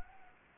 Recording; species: mosquito wingbeat signal from an infrared sensor; Anopheles gambiae